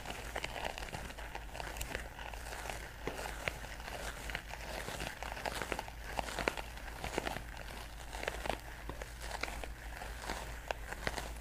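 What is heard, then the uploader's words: A scalp massage with steady rubbing and scratching of fingers through hair, making a dense, crackly texture. Sharp little taps and scrapes break through every second or so, all at an even level. A low hum runs underneath throughout. ASMR Scalp Massage of Your Dreams.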